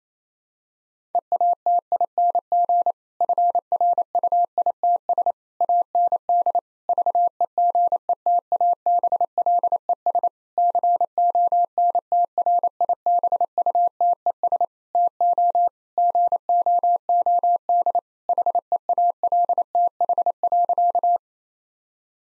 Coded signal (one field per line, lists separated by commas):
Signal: Morse code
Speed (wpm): 28 wpm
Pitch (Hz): 700 Hz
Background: none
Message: EATING FRUITS AND VEGETABLES CONTRIBUTES TO GOOD HEALTH.